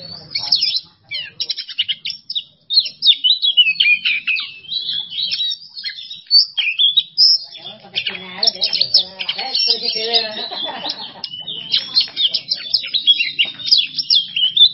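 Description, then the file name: Oriental magpie-robin song, a long torrent of mixed whistles, buzzy notes and chatters, growing busier and denser midway. Masteran training recording for songbirds; song style called bongkar isian emosi. "Masteran Kacer Bongkar Isian Emosi"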